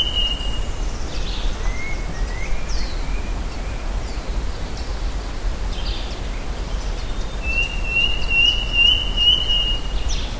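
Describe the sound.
Bird giving short slurred whistles, then a long steady whistled note near the end, all over loud low rumble.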